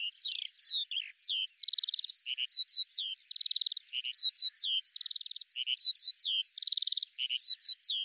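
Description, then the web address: Eurasian skylark song, a continuous high stream of chirps, slurred whistles and short buzzy trills, with quick varied phrases and no other sounds. "Deverinetal 2025 Bird Al Ar"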